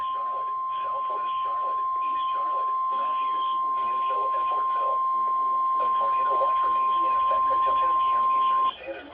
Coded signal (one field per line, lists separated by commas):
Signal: Emergency Alert System (SAME) tones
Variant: 1050 Hz attention tone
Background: speech